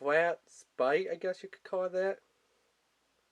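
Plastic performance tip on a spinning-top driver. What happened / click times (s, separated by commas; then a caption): No seating click; the part has not locked yet / none. Someone talks while handling the plastic performance tip on a Hasbro Beyblade Burst spinning-top driver, which twists to switch its mode. Only speech is heard, with short pauses and quiet after about 2.2 s. Nothing has locked or clicked into place yet.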